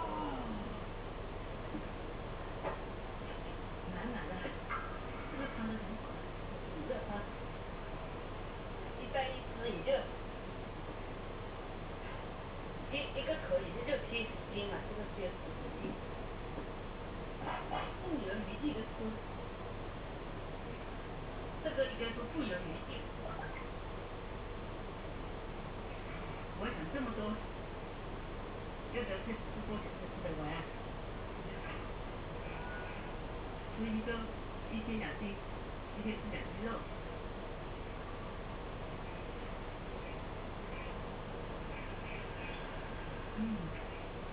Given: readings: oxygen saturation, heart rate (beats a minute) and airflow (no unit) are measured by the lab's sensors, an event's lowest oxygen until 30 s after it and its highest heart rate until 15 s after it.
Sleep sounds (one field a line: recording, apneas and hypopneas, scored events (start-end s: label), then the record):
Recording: a person awake in a sleep study, by a voice recorder at the bedside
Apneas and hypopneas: none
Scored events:
0.00-44.33 s: awake
From the record:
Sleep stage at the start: awake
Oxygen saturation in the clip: 93%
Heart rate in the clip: 63 to 71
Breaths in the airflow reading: 14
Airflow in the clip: -4.5 to 4.8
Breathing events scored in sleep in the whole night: 476 in 9.7 hours asleep